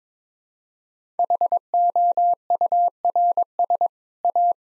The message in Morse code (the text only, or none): HOURS A